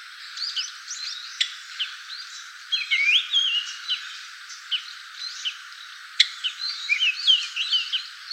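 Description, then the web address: Japanese grosbeak calls: scattered high chirps and short slurred whistles, with occasional sharp clicks. Recorded 16 March 2017. "birdenaga ikaru SC 170316"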